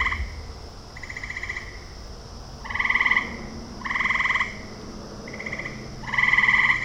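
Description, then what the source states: Frog croaks: rattling pulsed bursts of about half a second repeated roughly every second, some louder than others, over a faint steady background hum. Frogs recorded in a ravine at night.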